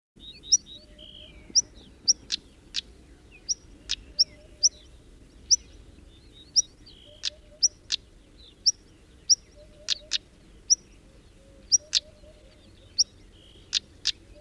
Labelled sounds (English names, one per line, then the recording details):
European Stonechat call
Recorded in the wild
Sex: male
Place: Adamclisi, Dobrogea, RO
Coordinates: 44.086, 27.956
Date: 1973-05-03
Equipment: Nagra III BH, Sennheiser MD 21, parabola
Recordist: Schubert, Michael